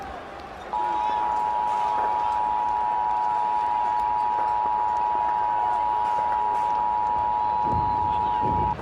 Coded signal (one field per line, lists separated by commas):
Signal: Emergency Alert System (SAME) tones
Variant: 853 and 960 Hz attention tone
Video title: EAS Scenario: The World of Flashpoint - The July Insurrection